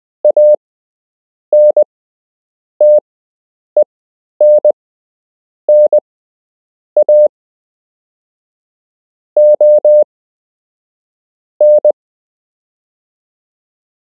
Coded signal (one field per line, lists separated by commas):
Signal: Morse code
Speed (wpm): 20 wpm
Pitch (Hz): 600 Hz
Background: none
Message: ANTENNA ON